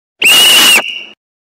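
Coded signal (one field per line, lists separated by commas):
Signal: whistle signal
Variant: Scout whistle commands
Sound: one sustained shrill whistle blast, slightly warbling, with breathy noise, under a second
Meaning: One long whistle calls for attention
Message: 1 long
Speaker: one long whistle means attention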